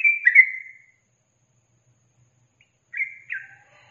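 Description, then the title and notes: Yellow-vented bulbul song: one brief slurred whistled phrase, silence for two seconds, then a second short liquid two-note phrase. Masteran training recording for songbirds, featuring the tembakan and ropel song styles. "MASTERAN Trucukan Tembakan Dan Ropel 1. BURUNG TRUCUKAN"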